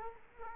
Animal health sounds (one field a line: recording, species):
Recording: mosquito wingbeat signal from an infrared sensor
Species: Culex quinquefasciatus